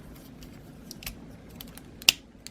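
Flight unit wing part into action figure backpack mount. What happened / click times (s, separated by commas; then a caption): The wing part snapped into its mount / 2.1 s. The second flight unit wing part is fitted into the backpack mount on the other side of a Metal Build Astray Red Frame Gundam action figure, the same way as the first. After a few faint ticks and handling noises, a single sharp snap is heard at 2.1 s as the wing part seats into the figure.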